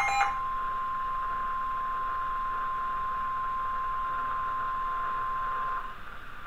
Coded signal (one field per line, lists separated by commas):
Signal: Emergency Alert System (SAME) tones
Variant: 1050 Hz attention tone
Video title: NOAA Weather Radio Alert #488 (Severe Thunderstorm Warning)